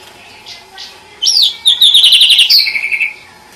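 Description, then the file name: Oriental magpie-robin song: a bright whistle, then a run of quick repeated sweet notes easing downward, lasting about two seconds. "tienghotchichchoedat"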